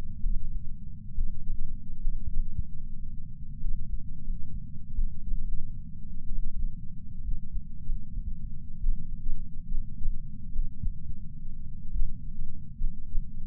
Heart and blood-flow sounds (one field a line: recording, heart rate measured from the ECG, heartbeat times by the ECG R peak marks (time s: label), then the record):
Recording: heart sounds by patch sensor on the chest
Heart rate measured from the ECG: 62 bpm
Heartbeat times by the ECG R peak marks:
0.21 s: heartbeat
1.11 s: heartbeat
1.99 s: heartbeat
3.58 s: heartbeat
4.22 s: heartbeat
4.92 s: heartbeat
6.24 s: heartbeat
7.20 s: heartbeat
7.82 s: heartbeat
8.78 s: heartbeat
9.66 s: heartbeat
10.50 s: heartbeat
11.88 s: heartbeat
12.74 s: heartbeat
From the record:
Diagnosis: coronary artery disease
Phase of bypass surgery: postoperative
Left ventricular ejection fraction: 41.5%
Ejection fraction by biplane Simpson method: 34.6%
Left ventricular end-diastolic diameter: 67 mm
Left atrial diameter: 53 mm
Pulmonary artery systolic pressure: 24 mmHg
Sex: male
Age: 61 years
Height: 174 cm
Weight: 80 kg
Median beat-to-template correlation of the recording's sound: 0.54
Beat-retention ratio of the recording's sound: 0.99